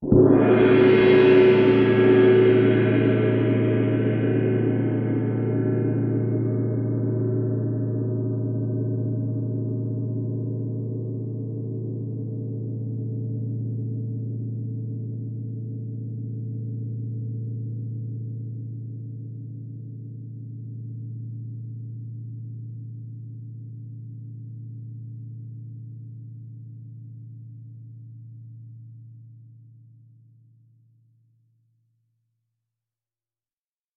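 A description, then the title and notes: A single gong is struck at the very start and left to ring. Its bright, shimmering overtones fade within the first ten seconds, while a deep, wavering hum carries on slowly dying away until it stops around thirty-one seconds, followed by silence. SB Gong02.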